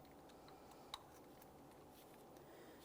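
A wiring connector is lined up with the new variable valve timing solenoid on a 2014-2018 Mazda 3 2.0L L4 and pushed on. A single sharp click at 0.9 s stands out over a low, steady background hiss. The connector is seated.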